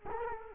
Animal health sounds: mosquito wingbeat signal from an infrared sensor; Culex quinquefasciatus

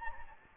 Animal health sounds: mosquito wingbeat signal from an infrared sensor; Anopheles gambiae

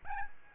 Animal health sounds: mosquito wingbeat signal from an infrared sensor; Aedes albopictus

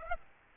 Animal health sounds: mosquito wingbeat signal from an infrared sensor; Aedes aegypti

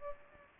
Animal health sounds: mosquito wingbeat signal from an infrared sensor; Aedes aegypti

